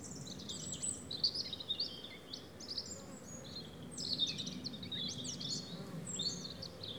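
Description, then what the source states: European robin song: high, liquid, twittering phrases with sharp varied notes, over a faint low rumble. Several robins singing in the afternoon at Méandres du Saugey, Brangues, France, in the Haut-Rhône; recorded with a Dodotronic stereo parabola (EM172) and Zoom H4n Pro.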